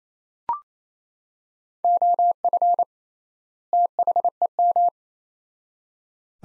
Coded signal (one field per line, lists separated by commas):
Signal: Morse code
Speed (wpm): 27 wpm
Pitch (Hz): 700 Hz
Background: none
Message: OF THEM